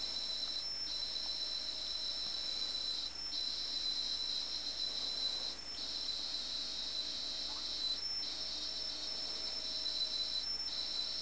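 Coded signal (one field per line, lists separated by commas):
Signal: computer data on cassette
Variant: Atari 8-bit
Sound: high steady screeching tone near 4 kHz with short breaks every couple seconds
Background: broadband hiss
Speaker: so you see it's running and you hear the annoying sound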